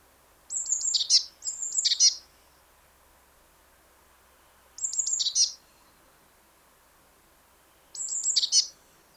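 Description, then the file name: Eurasian blue tit calls: four phrases at irregular gaps, each with thin high notes leading into a buzzy, scratchy ending. "Cyanistes caeruleus"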